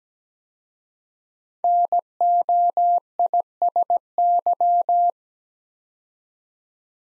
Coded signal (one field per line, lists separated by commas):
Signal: Morse code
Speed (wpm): 17 wpm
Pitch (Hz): 700 Hz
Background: none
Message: NOISY